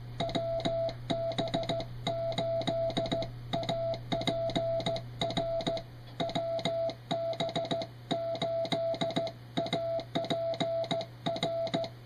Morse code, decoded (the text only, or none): WB8APR WB8APR